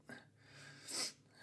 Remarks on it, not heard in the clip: I'm gonna sneeze. My nostrils is clear again. I have the weirdest sneezes because I try to fight it.